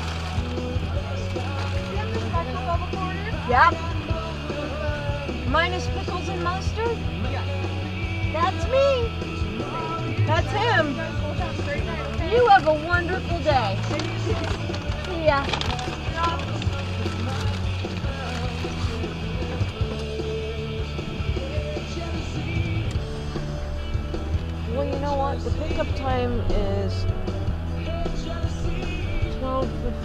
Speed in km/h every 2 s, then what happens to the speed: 0, 0, 0, 0, 0, 0, 0, 0, 0, 0, 0, 0, 10, 16, 16.
0-23 standing. 23-26 pulls away to 16.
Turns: none.